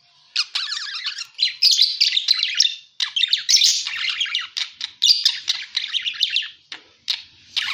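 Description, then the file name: Parakeet chattering: a fast, scratchy warble of high chirps and squeaks in short bursts, separated by brief pauses. Lure sound used for catching parakeets. "pancingan suara burung parkit"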